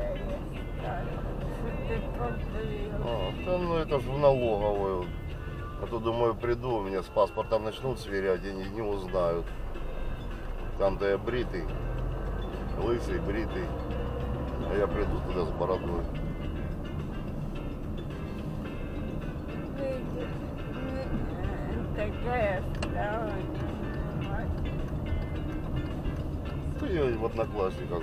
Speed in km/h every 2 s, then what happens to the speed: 23, 21, 21, 16, 4, 0, 6, 6, 10, 9, 11, 28, 27, 26.
0-9 slows to 0. 9-11 standing. 11-15 pulls away to 10. 15-20 steady at about 10. 20-22 speeds up to 28. 22-28 steady at about 27.